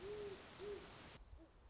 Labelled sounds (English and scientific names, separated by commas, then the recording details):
Great Horned Owl (Bubo virginianus)
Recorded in Sonoma County, California